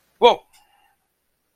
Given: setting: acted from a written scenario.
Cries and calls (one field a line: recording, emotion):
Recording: vocal sound without words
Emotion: fear